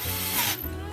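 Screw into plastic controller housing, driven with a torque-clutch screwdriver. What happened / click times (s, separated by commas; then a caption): The screwdriver clutch slipped and clicked off at low torque / 0.6 s. A screw is driven back into a plastic game controller case with a torque-limited screwdriver, held lightly rather than pushed down so the clutch slips before the screw gets too tight and cracks the plastic. A steady ratcheting, rubbing drive sound is heard until the clutch clicks off at low torque at 0.6 s. After the click, a low hum continues.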